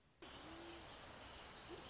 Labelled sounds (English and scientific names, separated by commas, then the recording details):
Dark-eyed Junco (Junco hyemalis)
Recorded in Sonoma County, California